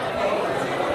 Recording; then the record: background sound without coughing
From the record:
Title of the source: CITY SOUNDS Busy Bar in the Evening Night - 2 HOURS of Ambiance for Relaxation